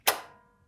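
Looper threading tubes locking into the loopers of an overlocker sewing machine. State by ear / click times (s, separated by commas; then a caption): seated / 0.1 s. On a Baby Lock Enspire EX overlocker, with the threading button pushed in and the hand wheel turned anti-clockwise, the two looper threading tubes lock into the loopers with a single sharp, bright click at 0.1 s that rings briefly and fades within about a third of a second. The threading mechanism is now seated and the machine is locked for threading.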